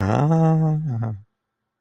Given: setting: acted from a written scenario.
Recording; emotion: vocal sound without words; elation